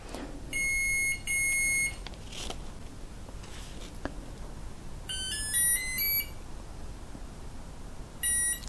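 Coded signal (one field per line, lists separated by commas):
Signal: beep code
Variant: Hobbywing ESC programming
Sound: two half-second high beeps, a quick rising-falling tone run, then one more beep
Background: faint room noise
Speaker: the one beep is break two beeps battery type three beeps cut off mode four beeps cut off threshold one long tone is a startup mode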